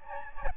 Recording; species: mosquito wingbeat signal from an infrared sensor; Aedes albopictus